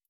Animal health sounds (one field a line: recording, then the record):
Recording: hydrophone in a shrimp aquaculture tank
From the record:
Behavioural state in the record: stressed